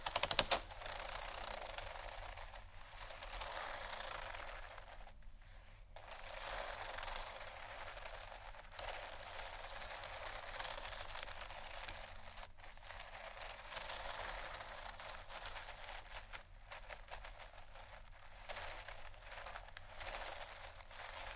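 Textured bags being handled, a dense, steady crinkling and rustling that fills the upper range for nearly the whole clip. Brief pauses break it around 5, 8.5, 12.5 and 16.5 seconds, with a sharper crackle at the very start and a low hum underneath.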